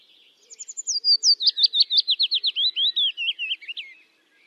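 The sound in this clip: Bird song: one fast run of slurred, whistled notes lasting a few seconds, starting high and drifting lower, with a quiet background.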